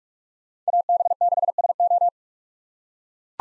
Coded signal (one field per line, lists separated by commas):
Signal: Morse code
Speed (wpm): 42 wpm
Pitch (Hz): 700 Hz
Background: none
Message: AB6SO